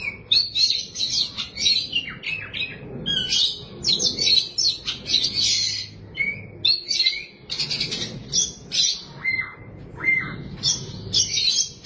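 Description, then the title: Oriental magpie-robin delivering a long, varied medley of sharp chips, rasps and whistled slurs in rapid bursts, a few clear falling whistles near the end, low hum underneath. "Suara Kicauan Burung Kacer Durasi Panjang"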